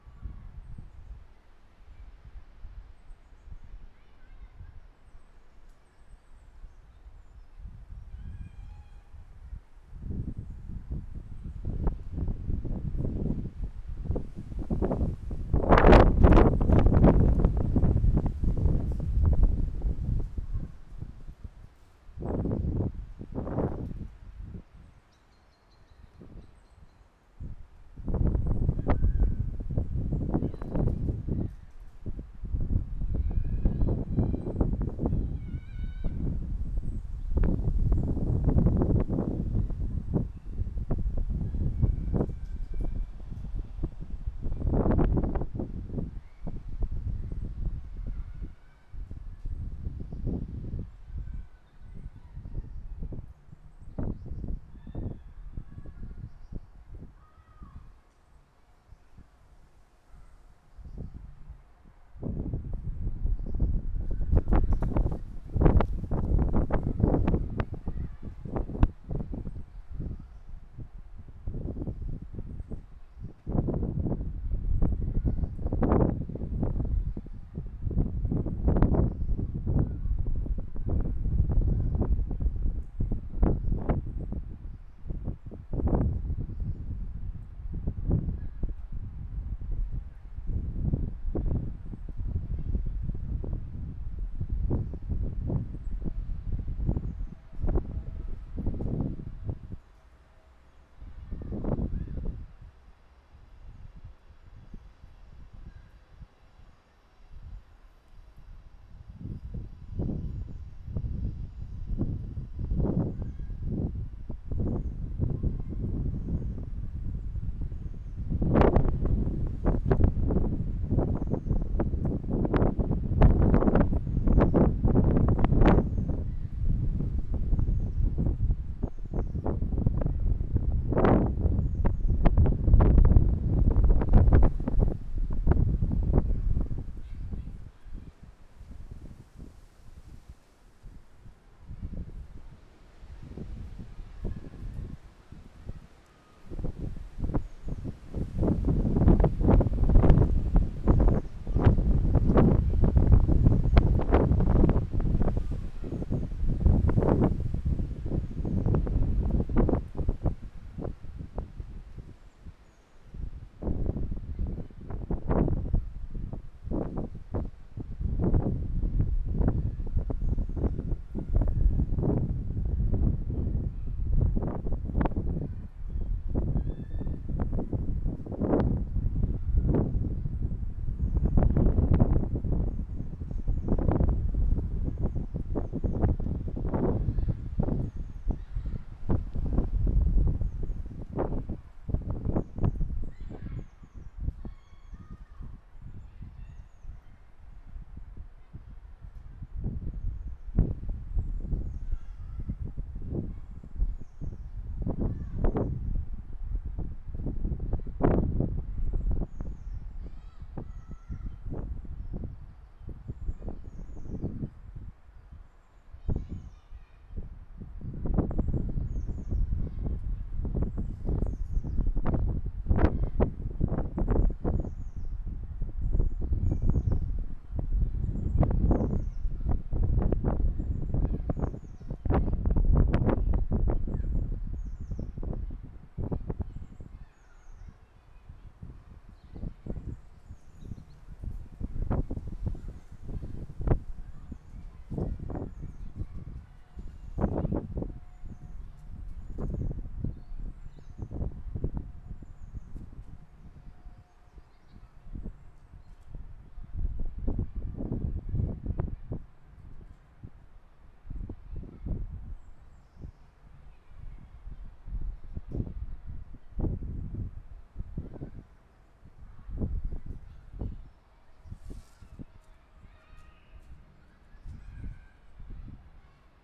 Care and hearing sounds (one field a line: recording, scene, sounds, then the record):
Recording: everyday scene through a hearing-aid microphone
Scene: wind on the microphone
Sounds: squally wind, voices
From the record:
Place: parking lot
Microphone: behind the ear, left, front